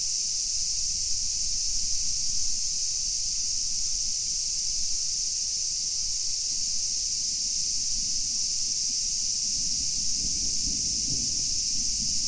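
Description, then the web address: Cicada drone, continuous and high-pitched like a shrill hiss, over a faint low rumble that grows toward the end. Recorded 8 August 2019. "fukudai fu-cicada 190808"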